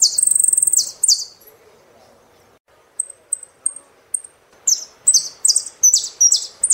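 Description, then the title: Saffron finch song: bright buzzy downslurred notes and a rapid high trill, then a pause, thin high chips, and a faster run of buzzy slurred notes. "Jilguero Argentino"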